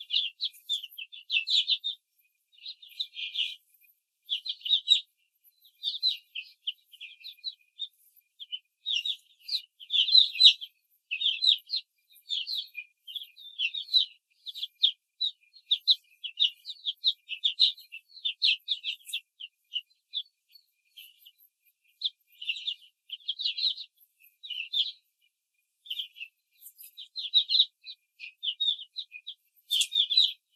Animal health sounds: young laying hens in a cage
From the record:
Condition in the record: control cage, before the stress test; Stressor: none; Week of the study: 4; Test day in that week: 1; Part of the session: 1

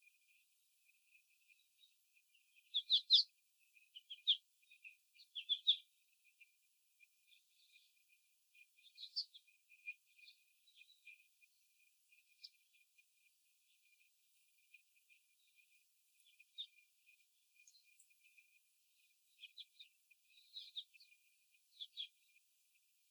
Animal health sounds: young laying hens in a cage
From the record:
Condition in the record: before the stressor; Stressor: simulated dog barking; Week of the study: 4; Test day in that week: 2

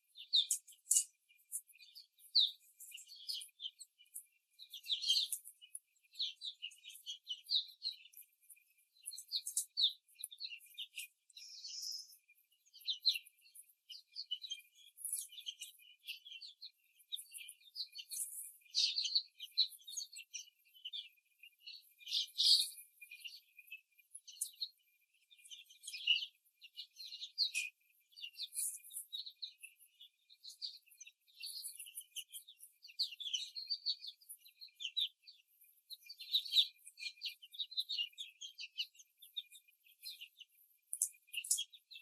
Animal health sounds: young laying hens in a cage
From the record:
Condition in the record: after the stressor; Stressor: simulated dog barking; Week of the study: 3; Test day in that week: 1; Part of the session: 2

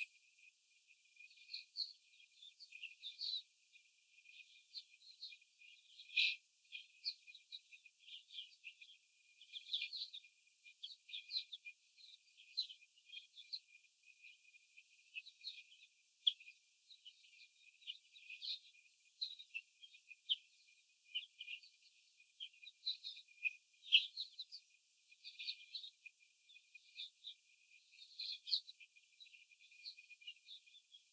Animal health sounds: young laying hens in a cage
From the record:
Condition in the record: after the stressor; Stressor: simulated dog barking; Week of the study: 4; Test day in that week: 3

